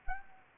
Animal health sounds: mosquito wingbeat signal from an infrared sensor; Anopheles arabiensis

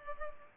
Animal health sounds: mosquito wingbeat signal from an infrared sensor; Culex pipiens

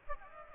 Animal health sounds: mosquito wingbeat signal from an infrared sensor; Aedes aegypti

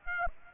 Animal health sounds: mosquito wingbeat signal from an infrared sensor; Aedes aegypti

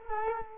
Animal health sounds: mosquito wingbeat signal from an infrared sensor; Culex quinquefasciatus

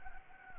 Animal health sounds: mosquito wingbeat signal from an infrared sensor; Anopheles gambiae

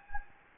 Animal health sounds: mosquito wingbeat signal from an infrared sensor; Anopheles gambiae

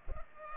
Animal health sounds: mosquito wingbeat signal from an infrared sensor; Culex pipiens

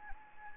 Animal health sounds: mosquito wingbeat signal from an infrared sensor; Anopheles gambiae

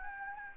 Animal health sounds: mosquito wingbeat signal from an infrared sensor; Anopheles gambiae

